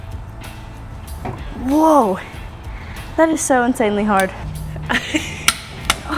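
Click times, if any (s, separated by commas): 5.5 s, 5.9 s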